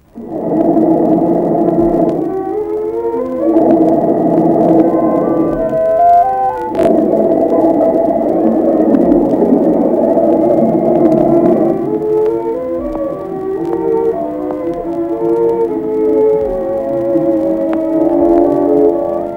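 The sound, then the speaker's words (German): Futurist intonarumori, electric noise instruments, drone and roar together in loud, unbroken layers, their howling pitches sliding and shifting in blocks for about twenty seconds, with no voices. “Luigi Russolo, der futuristischen Bewegung um Marinetti zugehörig, entwickelte diverse elektrische Geräuschinstrumente, die sogenannten Intonarumori.”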